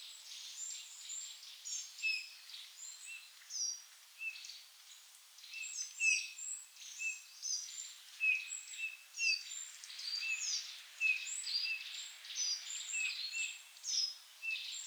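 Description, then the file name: Eurasian bullfinch giving brief, mellow whistled call notes at irregular intervals, partly masked by dense, high-pitched chattering and chirping of other birds throughout. "Pyrrhula pyrrhula"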